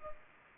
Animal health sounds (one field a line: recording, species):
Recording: mosquito wingbeat signal from an infrared sensor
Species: Culex pipiens